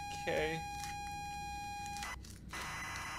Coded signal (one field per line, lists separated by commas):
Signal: ZX Spectrum tape loading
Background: speech